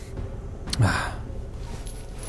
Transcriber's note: a heavy sigh